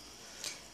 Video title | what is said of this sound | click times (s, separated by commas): Monster High- The Deluxe Inner Monster -Walmart Exclusive | you just slide the hip pegs in, and you will hear them click, and when you hear them click, it's in, and | 0.4 s